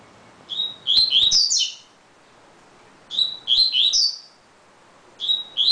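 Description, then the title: Double-collared seedeater delivering repeated short phrases: a clear lead whistle then tumbling slurred high notes, phrases coming about every two to three seconds. "Canto Coleiro"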